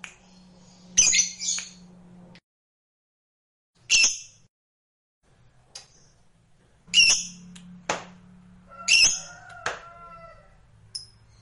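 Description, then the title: Lovebird giving harsh, buzzy squawks in short bursts a few seconds apart, with quiet gaps and a low steady hum between. Sound played to stimulate a lazy lovebird that is reluctant to sing, so it becomes eager and spontaneously 'langsung narik' (sings at length). "LOVEBIRD Malas Bunyi JADI GREGET SPONTAN Langsung NARIK"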